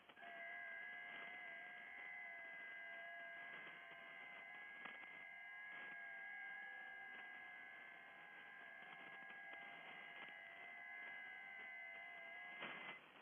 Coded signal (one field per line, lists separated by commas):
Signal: FT8